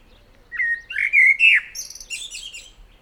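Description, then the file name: Common blackbird song: rich, slurred whistled notes in a short run, followed by a burst of high, twittering squeaks. "Turdus merula"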